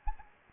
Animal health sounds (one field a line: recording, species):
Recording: mosquito wingbeat signal from an infrared sensor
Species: Anopheles gambiae